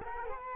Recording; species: mosquito wingbeat signal from an infrared sensor; Culex quinquefasciatus